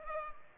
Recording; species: mosquito wingbeat signal from an infrared sensor; Culex pipiens